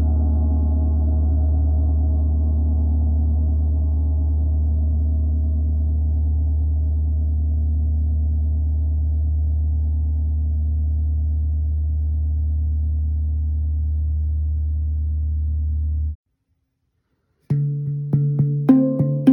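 A Chiron gong rings with a deep, steady hum, its low tone holding almost unchanged for about sixteen seconds and slowly fading. After a brief silence, a new sound enters near the end with a higher, shifting tone and sharp ticking onsets.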